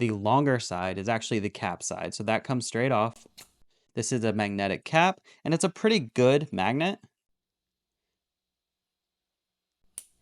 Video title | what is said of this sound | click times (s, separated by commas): Monteverde Axis Review Plus Giveaway | You can see it kind of take it from me. Nice little click there. | 10.0 s